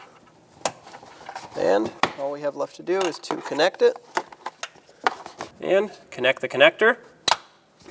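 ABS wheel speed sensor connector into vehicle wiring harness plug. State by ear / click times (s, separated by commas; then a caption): seated / 7.3 s. Someone talks while the plastic electrical connector of a new front ABS wheel speed sensor on a 2014-2021 Mazda 6 is pushed into its mating vehicle wiring harness plug. A sharp single click sounds at 7.3 s, and the connector is seated.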